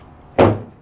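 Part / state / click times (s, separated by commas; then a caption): oil filter element into filter housing cap / seated / 0.4 s. An oil filter element for a BMW 750i/750Li F01/F02 with the N63 engine is pressed down into its plastic filter housing cap, screen side toward the housing. One sharp, low thunk-like click at 0.4 s shows it has seated. The filter is then left free to move, as it should be.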